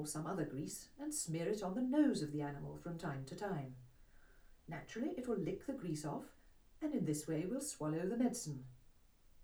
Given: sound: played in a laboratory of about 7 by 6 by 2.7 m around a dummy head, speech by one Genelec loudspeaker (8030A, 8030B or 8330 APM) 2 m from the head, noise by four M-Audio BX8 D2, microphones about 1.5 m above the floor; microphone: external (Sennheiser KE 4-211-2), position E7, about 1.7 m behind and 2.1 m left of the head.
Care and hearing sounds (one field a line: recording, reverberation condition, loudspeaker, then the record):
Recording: female speech in English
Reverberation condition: low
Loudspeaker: 60 degrees to the right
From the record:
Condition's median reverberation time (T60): about 310 ms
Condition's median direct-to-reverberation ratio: about 3.5 dB